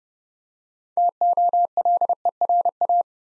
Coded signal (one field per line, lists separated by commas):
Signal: Morse code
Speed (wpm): 30 wpm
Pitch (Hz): 700 Hz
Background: none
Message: TOLERA